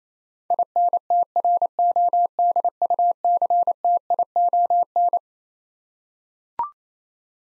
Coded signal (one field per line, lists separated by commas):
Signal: Morse code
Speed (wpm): 28 wpm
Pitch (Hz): 700 Hz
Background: none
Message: INTRODUCTION